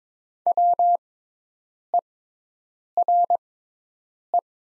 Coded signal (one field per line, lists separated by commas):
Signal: Morse code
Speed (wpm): 21 wpm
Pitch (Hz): 700 Hz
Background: none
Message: WERE